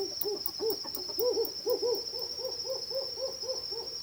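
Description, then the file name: Hume's owl giving a steady run of soft bouncing hoots with higher overtones, a steady high insect whine behind. Two males in a territorial confrontation, giving pulsed hooting and compound hooting. "Humes Owl Pulsed Hooting Compound Hooting In Territorial Confrontation Between Two Males"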